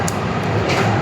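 An add-on telephoto converter lens for the OPPO Find X9 Pro is fitted onto the mount on its special phone case, with no screw needed. A short, sharp click is heard at 0.1 s over a steady, broadband background hiss. The lens seats onto the mount.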